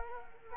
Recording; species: mosquito wingbeat signal from an infrared sensor; Culex quinquefasciatus